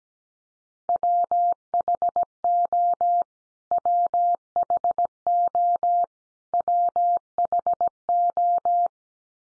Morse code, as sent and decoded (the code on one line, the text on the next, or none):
.-- .... --- / .-- .... --- / .-- .... ---
WHO WHO WHO